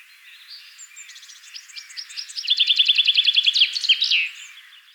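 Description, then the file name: Common chaffinch singing a series of bright notes that build into a loud trill ending in a flourish. "Fringilla coelebs"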